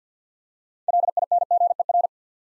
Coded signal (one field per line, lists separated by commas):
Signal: Morse code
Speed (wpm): 50 wpm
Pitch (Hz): 700 Hz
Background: none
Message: LINGER